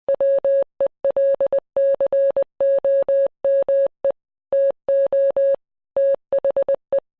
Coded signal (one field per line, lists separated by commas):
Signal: Morse code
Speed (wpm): 20 wpm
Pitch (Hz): 550 Hz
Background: none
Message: WELCOME TO THE